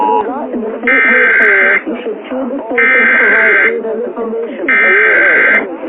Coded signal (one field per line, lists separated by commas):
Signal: Emergency Alert System (SAME) tones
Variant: header bursts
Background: speech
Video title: EAS Scenario (sneek peek): EAN Scene (EARRAPE WARNING)